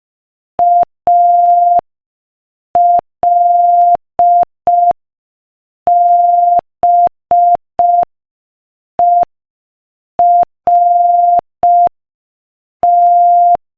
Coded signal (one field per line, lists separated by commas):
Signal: Morse code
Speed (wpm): 5 wpm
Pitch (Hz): 700 Hz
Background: none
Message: ALBERT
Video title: Morse Code Practice: 5 wpm Inspirational Quote 1